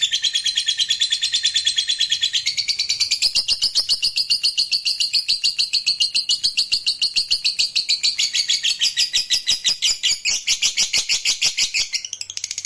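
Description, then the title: Lovebird delivering a long, continuous high-pitched chatter, rapid trilled notes gradually rising and falling in pitch without a pause. Meant to stimulate a lazy, quiet lovebird so that it eagerly and spontaneously starts singing in the sustained 'narik' style. "LOVEBIRD Malas Bunyi JADI GREGET SPONTAN Langsung NARIK"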